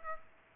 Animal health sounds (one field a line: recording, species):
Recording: mosquito wingbeat signal from an infrared sensor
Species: Aedes aegypti